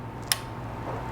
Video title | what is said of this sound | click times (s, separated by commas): INTENSE 951 Trail Bike Unboxing | once you hear that click you know it's unlocked and it has been freed | 0.3 s